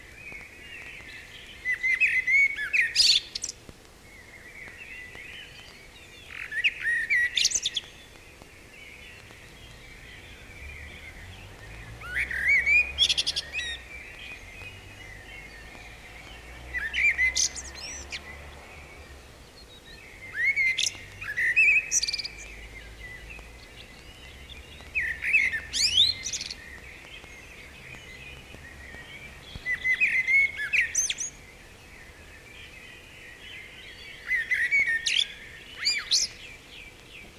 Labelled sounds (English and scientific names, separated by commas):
Common Blackbird (Turdus merula) song